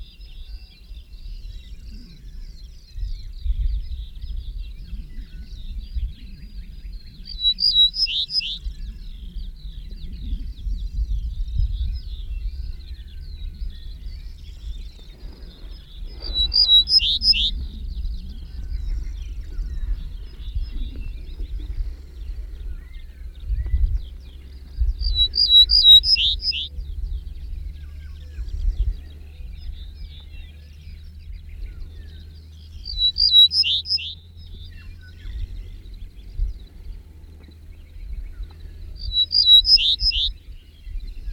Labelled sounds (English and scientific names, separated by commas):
Ortolan Bunting (Emberiza hortulana) song